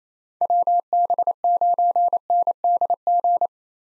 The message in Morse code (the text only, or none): WB9NDG